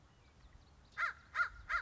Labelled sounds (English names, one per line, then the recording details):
American Crow
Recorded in Sonoma County, California